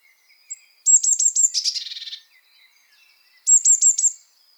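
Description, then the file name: Eurasian blue tit scolding, high sharp notes running into a buzzy churr, then a second shorter run of high ticks after a pause. "Cyanistes caeruleus"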